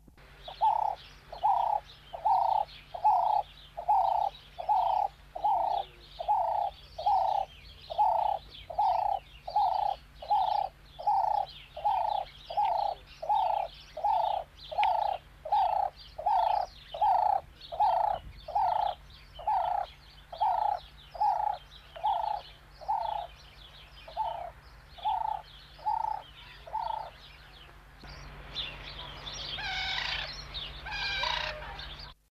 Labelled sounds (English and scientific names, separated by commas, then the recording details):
African Collared Dove (Streptopelia risoria) call
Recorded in captivity
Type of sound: call
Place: Zoo London
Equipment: Halbspur, 9,5 cm/s
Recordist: Lütgens, Hans
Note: Rufe, auch Junge